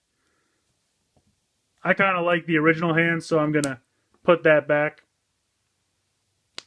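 Someone talks, then pushes the original plastic hand of a Marvel Legends Venom action figure back onto the figure's wrist peg because they prefer the original hand. A single sharp snap at 6.6 s marks the hand seating on the peg.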